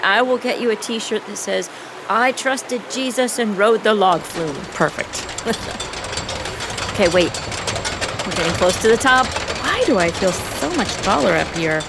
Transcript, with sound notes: I’ll get you a t-shirt that says: “I trusted Jesus and rode the log flume.”
Perfect!
(Ride clicking) Okay, wait, we’re getting close to the top.
Why does it suddenly feel soo much taller up here?!